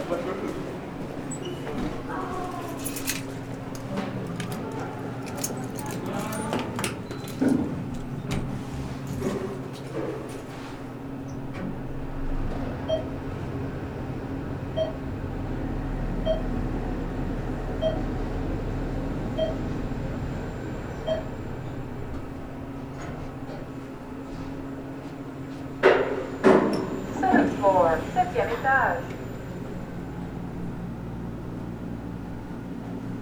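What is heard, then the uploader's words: Workplace sounds: a steady low hum and drone, scattered clicks early on, faint regular blips mid-clip, and a burst of voices near 26–29 seconds. A tall glass building at 150 Elgin. I like to spend time exploring the sounds of my workplace : it’s hums, clicks, resonances, voices, drones, rhythms, patterns, etc. This recording explores the spaces where people enter and exit the building.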